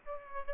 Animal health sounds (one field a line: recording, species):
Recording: mosquito wingbeat signal from an infrared sensor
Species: Aedes aegypti